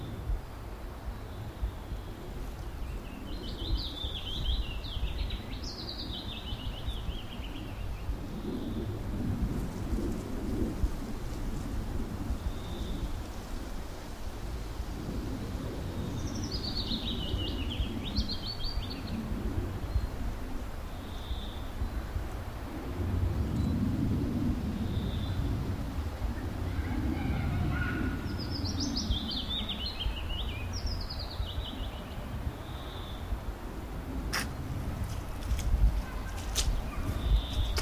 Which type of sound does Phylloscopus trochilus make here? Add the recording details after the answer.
song. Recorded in the wild. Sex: male. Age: adult. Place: Halbinsel Kindo, Karelien, RU. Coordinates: 66.5508, 33.1036. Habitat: taiga. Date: 1990-07-01 18:40. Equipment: Uher 4000 Report Monitor, Sennheiser MKH 416 T. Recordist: Frommolt, Karl-Heinz